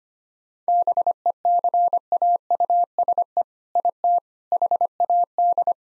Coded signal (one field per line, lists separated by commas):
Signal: Morse code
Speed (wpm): 25 wpm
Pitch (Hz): 700 Hz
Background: none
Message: BECAUSE IT HAD